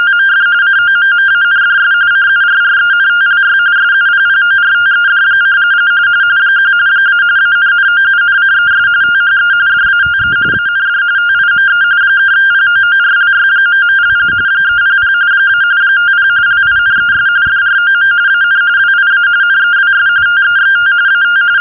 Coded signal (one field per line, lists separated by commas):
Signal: RTTY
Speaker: of course, for those of you watching this on YouTube, you could try decoding it.